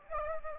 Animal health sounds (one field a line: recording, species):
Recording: mosquito wingbeat signal from an infrared sensor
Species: Anopheles gambiae